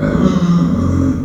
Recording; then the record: squeal of a Yucatan mini pig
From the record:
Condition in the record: after surgery on the right vocal fold (resection and tissue-engineered implant); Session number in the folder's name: 10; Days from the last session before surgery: 86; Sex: female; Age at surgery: 19 weeks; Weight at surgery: 25 kg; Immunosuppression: prednisolone